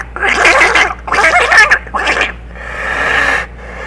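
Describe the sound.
Cats fighting: harsh, wavering yowls and screeches in three loud bursts, then a longer, quieter, rasping sound, over a low steady hum.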